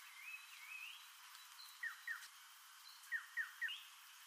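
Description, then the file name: Giant antshrike calling with quick descending whistled notes, a pair followed by a trio in the latter half, with faint warbling whistles early on over soft background hiss. "suara-giant-antshrike-v 1-omkicau"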